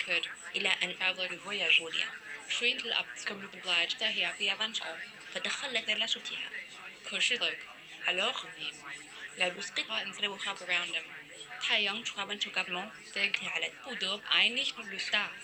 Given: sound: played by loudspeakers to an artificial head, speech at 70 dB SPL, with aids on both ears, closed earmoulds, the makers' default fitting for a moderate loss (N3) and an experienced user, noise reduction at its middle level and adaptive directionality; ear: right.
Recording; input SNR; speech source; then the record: speech test signal (ISTS) in cocktail-party noise; -3 dB; in front (0 degrees)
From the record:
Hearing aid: class 1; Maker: I